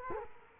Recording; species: mosquito wingbeat signal from an infrared sensor; Culex quinquefasciatus